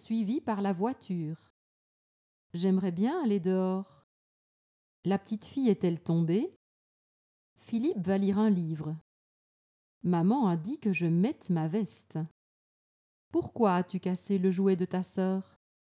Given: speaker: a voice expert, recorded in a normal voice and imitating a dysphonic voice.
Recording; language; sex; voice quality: read sentences; French; female; normal voice